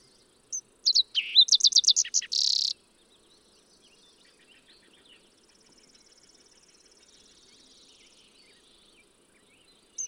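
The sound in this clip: Fox sparrow song: a loud burst of clear whistles and rapid trilled notes ending in a buzzy phrase, lasting about two seconds, followed by faint birdsong and a high insect-like buzz.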